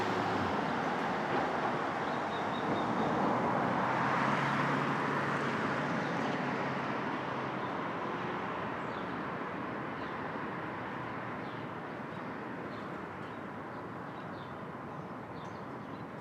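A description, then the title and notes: Street traffic at dawn in Brooklyn, a dense, continuous roar of passing vehicles. One vehicle swells loudest around four to five seconds with a low engine hum, then the wash slowly fades and thins toward the end. Faint higher tones flicker through the background. Street Traffic.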